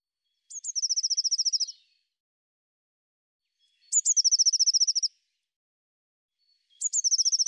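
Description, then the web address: Eurasian blue tit sounding three phrases, each a pair of thin high notes running into a quick, steady trill, spaced about three seconds apart. "cianscape birddata Deverinetal 2025 File cleaned normalized Bird Cy Ca"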